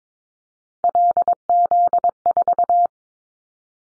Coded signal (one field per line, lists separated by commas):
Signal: Morse code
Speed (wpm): 22 wpm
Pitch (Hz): 700 Hz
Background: none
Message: LZ4